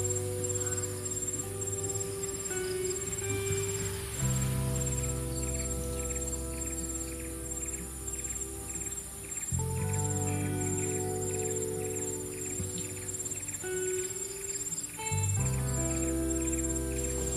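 Calm lofi music plays throughout, with soft low chords that shift roughly every five or six seconds over a gentle, ticking beat. A steady high cricket-like trill runs in the background, and a faint hiss resembling rain or surf stays constant.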